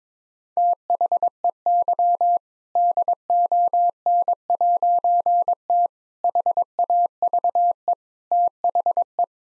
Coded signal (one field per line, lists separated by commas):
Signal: Morse code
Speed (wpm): 22 wpm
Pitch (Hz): 700 Hz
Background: none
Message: THEY DON'T HAVE THE